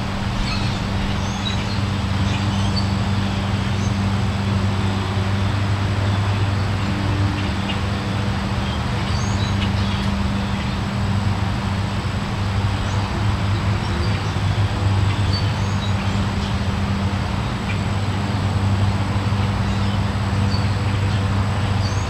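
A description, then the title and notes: A steady low engine hum, like a distant lawnmower, runs through the whole recording with a constant drone that barely changes. Small bird chirps flick in and out above it now and then, and a soft airy rustle fills the background. Summer Morning Ambiance. This episode of Hush features soothing soundscapes of suburban life - birds chirping in the background, the hum of a distant lawnmower, and the gentle breeze rustling through the leaves.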